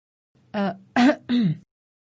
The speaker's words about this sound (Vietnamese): Cô thở dốc, tiếp tục húng hắng ho vài tiếng.